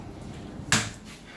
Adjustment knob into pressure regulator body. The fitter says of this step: लोग जनरली नीचे अगर हम दबा देंगे लॉक हो गया, अब ये मूव नहीं करेगा